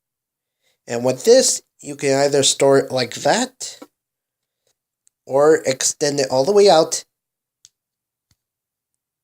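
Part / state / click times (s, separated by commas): plastic part of an action figure folding into its locked position / seated / 7.6 s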